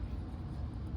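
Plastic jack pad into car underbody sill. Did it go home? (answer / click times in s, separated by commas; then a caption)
no / none. A plastic jack pad block for a BMW is being handled at the car's underbody sill, where it is pushed up so its retaining feet click in. Only a steady low rumble with broadband background noise is heard, with no sharp sounds. Nothing has seated or clicked yet.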